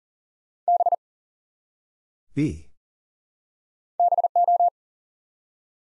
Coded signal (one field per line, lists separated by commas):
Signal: Morse code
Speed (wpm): 38 wpm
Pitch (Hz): 700 Hz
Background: none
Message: B BO